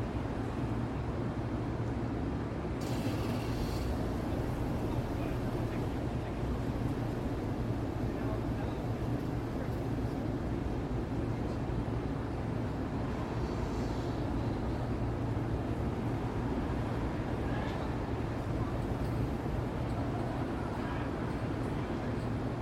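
Midtown New York City at night through an open window: a dense, steady roar of traffic fills the low end without letup. Faint voices and passing vehicles rise briefly around 3, 14 and 18 seconds over a constant hum.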